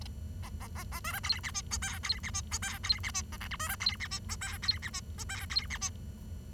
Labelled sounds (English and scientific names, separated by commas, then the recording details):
Bengalese Finch (Lonchura striata domestica) song
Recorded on 23 June 2012 at 07:40
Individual gr41rd51